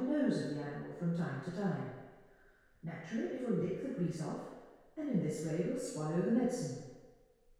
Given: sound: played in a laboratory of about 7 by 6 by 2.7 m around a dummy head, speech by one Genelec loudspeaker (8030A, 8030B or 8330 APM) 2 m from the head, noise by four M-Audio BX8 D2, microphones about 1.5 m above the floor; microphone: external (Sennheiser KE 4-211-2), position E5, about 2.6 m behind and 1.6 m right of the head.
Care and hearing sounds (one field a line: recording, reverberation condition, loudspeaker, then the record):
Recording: female speech in English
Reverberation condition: high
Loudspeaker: behind (180 degrees)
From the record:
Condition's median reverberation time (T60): about 1300 ms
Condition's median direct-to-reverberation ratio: about -4.0 dB